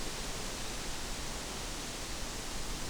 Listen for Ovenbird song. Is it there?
no